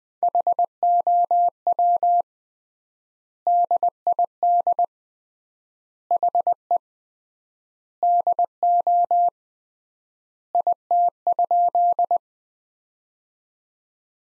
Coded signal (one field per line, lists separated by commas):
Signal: Morse code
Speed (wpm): 20 wpm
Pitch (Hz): 700 Hz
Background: none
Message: HOW DID HE DO IT?